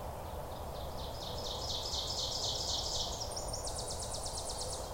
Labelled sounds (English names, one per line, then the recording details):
Ovenbird song
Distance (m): 35 m
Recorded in boreal forest in Alberta, Canada, on 26 May 2016 at 07:54
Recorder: SongMeter 3, array SBT-3-15
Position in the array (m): 52 m, 221 m
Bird 20